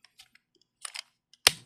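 A small plastic tab on a transforming robot toy is pushed into its matching hole during the transformation. Faint plastic handling ticks and a short scraping rustle near 0.8–1.0 s lead to one sharp, bright click at 1.5 s with a brief ringing tail. The tab seats in the hole.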